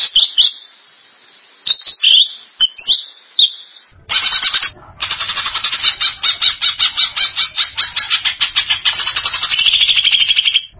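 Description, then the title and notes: Greater green leafbird song: scattered sharp chirps and whistles at first, then a long rapid chattering trill of pulsed notes. Champion songbird. "Kicau Burung Cucak Ijo Juara. Suara kicauan burung cucak ijo"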